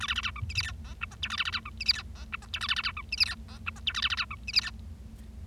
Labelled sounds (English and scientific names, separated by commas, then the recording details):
Bengalese Finch (Lonchura striata domestica) song
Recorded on 25 March 2012 at 13:01
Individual gy6or6